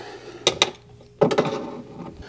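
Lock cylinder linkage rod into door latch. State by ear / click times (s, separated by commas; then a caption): seated / 0.5 s, 0.6 s. After being turned to face the right way, a plastic-clipped metal linkage rod from a door lock cylinder is pushed into the door latch, giving two sharp snaps at 0.5 and 0.6 s. A softer burst of clattering handling noise follows around 1.2–1.4 s. The rod is seated, snapped back into the latch.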